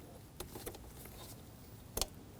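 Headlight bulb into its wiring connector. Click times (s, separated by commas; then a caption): 2.0 s. A new low beam halogen bulb for a 2013-2015 Subaru XV Crosstrek is pushed into its plastic wiring connector. A few faint ticks come first, then a sharp, clear click at 2.0 seconds as the bulb latches and is seated.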